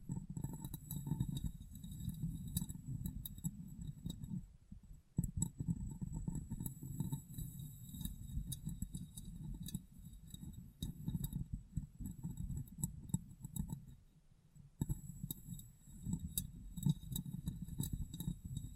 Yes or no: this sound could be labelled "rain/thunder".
no